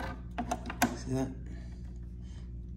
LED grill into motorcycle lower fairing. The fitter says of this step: follow those three clicks right there